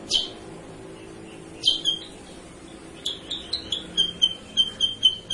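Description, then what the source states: Sooty-headed bulbul: two sharp downslurred notes, then a steady train of high chirps. Masteran: a training recording used to teach cage birds; also described as a lure sound.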